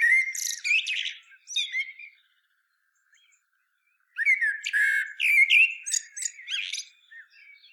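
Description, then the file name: Common blackbird song: a rich whistled phrase with a shrill ending, a silence of about two seconds, then a longer mellow warble mixed with high squeaks. "Turdus merula"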